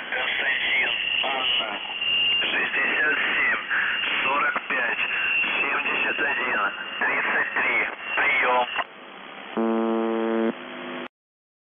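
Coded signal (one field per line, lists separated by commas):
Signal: numbers station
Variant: UVB-76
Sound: male voice reading a message over the radio, then one short low buzz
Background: radio static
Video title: The Buzzer/UVB-76 Voice Message May 3, 2021 9:36 UTC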